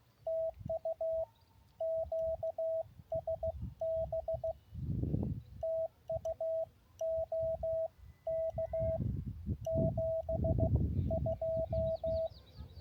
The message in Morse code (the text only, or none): TU QSB TU OK 72